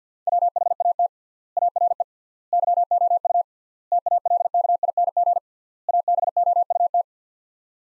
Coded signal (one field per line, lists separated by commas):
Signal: Morse code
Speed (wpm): 50 wpm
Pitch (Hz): 700 Hz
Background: none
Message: WHAT ARE YOU TALKING ABOUT